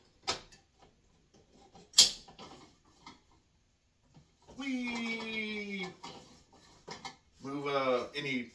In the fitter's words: Handle. Again, you listen for the click.